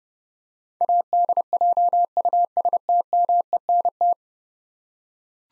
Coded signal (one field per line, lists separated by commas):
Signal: Morse code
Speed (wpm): 30 wpm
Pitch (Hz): 700 Hz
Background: none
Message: ADJUSTMENT